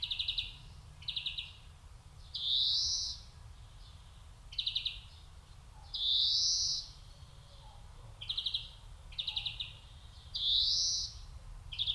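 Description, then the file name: European greenfinch singing short trilled phrases followed by a long rising nasal wheeze, the pattern repeating roughly every four seconds. "Chloris chloris"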